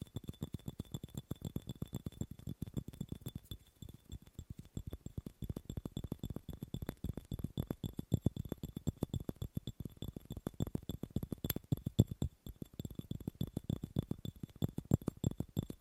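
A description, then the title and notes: Rapid tapping on objects, a dense stream of short, dry knocks that runs almost without pause for the whole stretch. The taps sit mostly low and soft, with a few sharper, brighter clicks, one standing out near the twelve-second mark. A faint steady high whine lingers underneath. ASMR Fast & Slow Tapping on 6 Objects No Talking.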